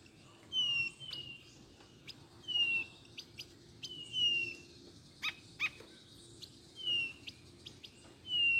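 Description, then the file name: Blue-naped chlorophonia singing, sweet downward-slurred whistles repeated every second or two, mixed with sharp clicks. "canto do gaturamo bandeira"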